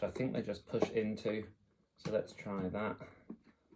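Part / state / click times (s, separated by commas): plastic wheel trim into ride-on toy car wheel / seated / 3.3 s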